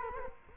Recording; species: mosquito wingbeat signal from an infrared sensor; Culex quinquefasciatus